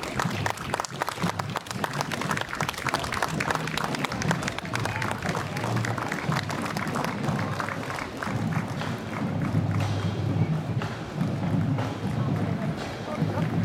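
A Memorial Day parade on College Ave: a steady crowd murmur with overlapping voices, scattered clapping throughout, and a low rumble underneath.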